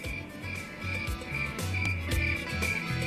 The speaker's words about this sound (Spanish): Esa, el grillito, ahí estaba. Se fue la mosca y vino el grillo. ¡Qué grande!